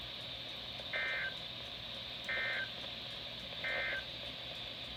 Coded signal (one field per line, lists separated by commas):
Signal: Emergency Alert System (SAME) tones